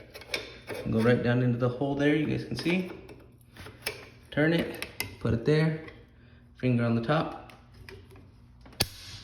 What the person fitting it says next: snapped into place.